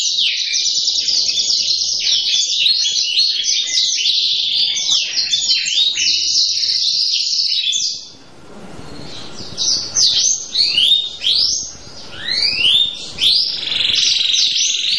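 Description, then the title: Canary song: dense, rapid warbling phrases and quick repeated notes for eight seconds, a short pause, then looser sweeping whistled notes rising and falling. Vigorous (gacor) Manasaja canary song with a persistent long rolling trill (roll panjang), meant to make another canary answer at once (langsung nyaut). "LANGSUNG NYAUT GACOR DOR Kenari Manasaja, Dengan Kicau Kenari GACOR NGOTOT ROLL PANJANG"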